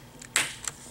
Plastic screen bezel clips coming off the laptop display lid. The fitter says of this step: once you hear snapping sounds that's a good sign